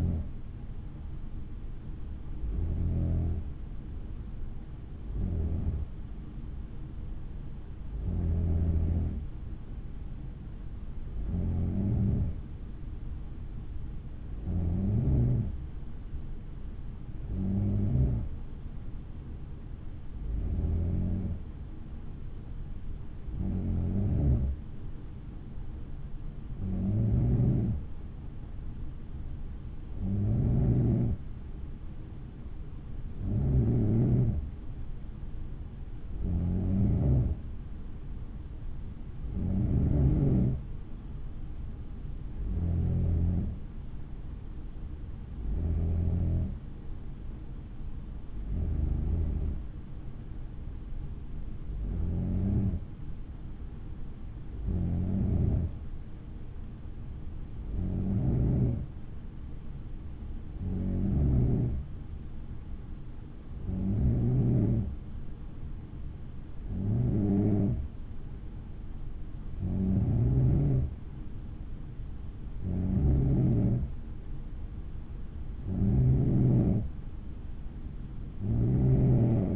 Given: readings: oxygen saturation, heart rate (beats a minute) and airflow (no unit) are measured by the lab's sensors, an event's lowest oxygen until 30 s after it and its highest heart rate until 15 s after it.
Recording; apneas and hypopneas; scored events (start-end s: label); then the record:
breathing in sleep by a smartphone at the bedside; none
none scored
From the record:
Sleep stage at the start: N3 (deep sleep); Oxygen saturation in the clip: 92 to 94%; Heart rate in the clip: 56 to 60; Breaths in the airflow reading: 26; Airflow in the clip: -5.8 to 5.3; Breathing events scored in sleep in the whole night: 216 in 7.0 hours asleep